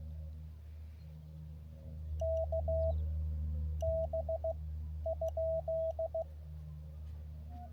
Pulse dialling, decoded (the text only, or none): none